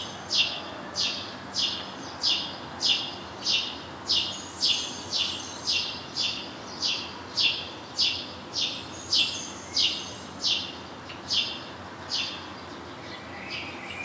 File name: Passer domesticus